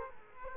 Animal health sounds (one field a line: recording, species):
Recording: mosquito wingbeat signal from an infrared sensor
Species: Culex quinquefasciatus